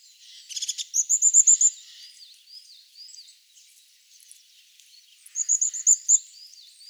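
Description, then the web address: European crested tit: after a short rattle, a fast, very high rippling trill of about six notes, repeated after a pause, with softer thin notes between. "cibra valsolda. Cincia dal ciuffo"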